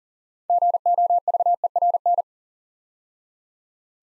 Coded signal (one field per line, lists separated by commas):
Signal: Morse code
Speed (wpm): 42 wpm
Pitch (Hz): 700 Hz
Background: none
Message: GOVERN